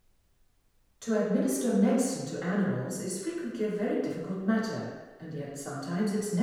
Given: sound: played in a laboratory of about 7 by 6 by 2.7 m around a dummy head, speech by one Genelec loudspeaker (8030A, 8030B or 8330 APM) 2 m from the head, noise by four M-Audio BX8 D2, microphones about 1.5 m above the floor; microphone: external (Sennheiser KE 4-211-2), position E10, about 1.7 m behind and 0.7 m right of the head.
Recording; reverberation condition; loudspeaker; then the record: female speech in English; high; 60 degrees to the right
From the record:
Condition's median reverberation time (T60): about 1300 ms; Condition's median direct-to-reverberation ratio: about -4.0 dB